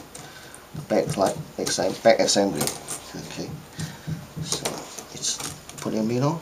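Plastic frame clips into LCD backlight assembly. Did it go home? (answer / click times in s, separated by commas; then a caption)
no / none. A plastic frame is being handled over the LED backlight assembly of an LM150X08-TLB1 LCD panel, to be pushed down so its clips snap into place. Someone talks throughout while short handling knocks and taps sound, the loudest around 4.5–4.7 s. Nothing has seated or clicked yet.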